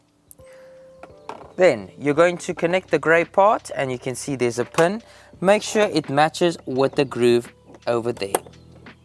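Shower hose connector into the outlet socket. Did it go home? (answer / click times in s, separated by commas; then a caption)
no / none. A grey plastic shower hose connector is lined up pin to groove with its outlet socket while someone talks over it. Short handling knocks sound near 0.3, 1.0 and 1.3 seconds. The clip ends before the connector goes home, and nothing has seated or clicked yet.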